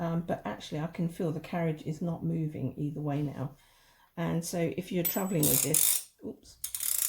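Someone talks while sliding the second metal margin tab along its rack on a restored antique 1938 Mercedes Superba typewriter toward the red centre mark, where it locks the carriage. Near the end, a few short mechanical clicks and rattles are heard, but the tab has not yet seated or clicked into its locking position.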